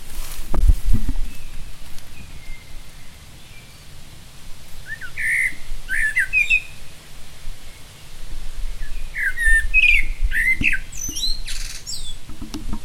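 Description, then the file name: Common blackbird song: whistled phrases with high squeaky twitters, in the second half, over a steady low rumble. "Turdus merula"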